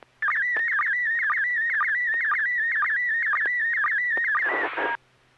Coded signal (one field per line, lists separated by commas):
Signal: SSTV (slow-scan television)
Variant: PD 120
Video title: N6NA SSTV Net - 12/23/2020